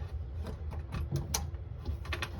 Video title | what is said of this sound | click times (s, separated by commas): How to install a Honboo, black 3 hole faucet Model 3012-C#Honboo | make sure that clicks and | 1.3 s